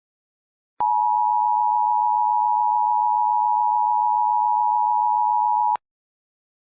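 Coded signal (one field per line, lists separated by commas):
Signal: Emergency Alert System (SAME) tones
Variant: 853 and 960 Hz attention tone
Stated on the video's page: Fictional EAS scenario, third part of a series.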